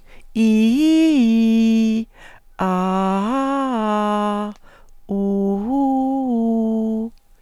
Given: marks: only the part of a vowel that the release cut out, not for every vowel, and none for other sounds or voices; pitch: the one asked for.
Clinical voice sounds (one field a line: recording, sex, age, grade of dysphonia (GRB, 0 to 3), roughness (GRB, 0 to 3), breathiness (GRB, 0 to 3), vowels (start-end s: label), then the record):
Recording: sustained vowels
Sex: female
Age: 60 to 69 years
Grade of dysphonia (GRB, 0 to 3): 0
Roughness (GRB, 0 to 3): 0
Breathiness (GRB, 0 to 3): 0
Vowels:
0.40-1.93 s: vowel /i/, low-high-low pitch
2.79-4.30 s: vowel /a/, low-high-low pitch
5.28-7.03 s: vowel /u/, low-high-low pitch
From the record:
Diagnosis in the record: contact pachydermia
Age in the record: 61 years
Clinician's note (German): Verdacht auf Kontaktpachydermie, leicht asymmetrisches Schwingungsbild, unvollständiger Glottisschluß